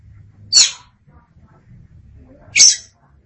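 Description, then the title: Oriental magpie-robin uttering two loud, hissing, scratchy notes about two seconds apart over a faint low hum. Chirping song. "Suara Kicauan Burung Kacer Durasi Panjang"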